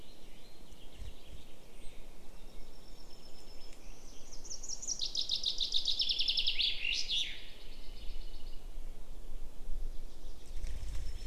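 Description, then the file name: Common chaffinch song: a bright descending series of trilled notes ending in a final flourish, about four seconds long, over steady low rumbling background noise. "Fringilla coelebs"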